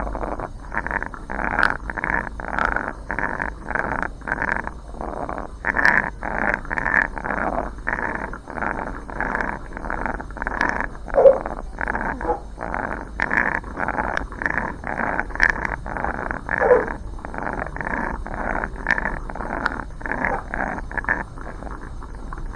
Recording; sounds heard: poultry house recording; sick chickens (respiratory disease)